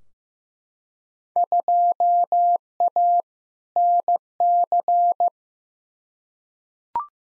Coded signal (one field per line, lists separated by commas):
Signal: Morse code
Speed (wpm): 16 wpm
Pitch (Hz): 700 Hz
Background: none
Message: 2A NC